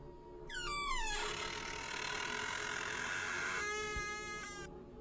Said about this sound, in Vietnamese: Tiếng bản lề gỗ khô dầu vang lên trong đêm, nghe ken két rợn người.